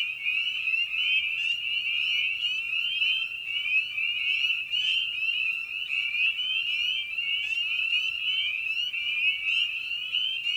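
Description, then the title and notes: Steady chorus of spring peepers, high piping calls overlapping densely with occasional sharper peeps rising above the mass. Evening at a frog pond. "Episode 5: Night of the Peepers. Spring Peeper (Pseudacris crucifer). Ian Carlsen"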